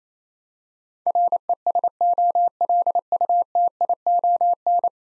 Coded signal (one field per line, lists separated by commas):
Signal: Morse code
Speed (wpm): 28 wpm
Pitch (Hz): 700 Hz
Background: none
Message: RESOLUTION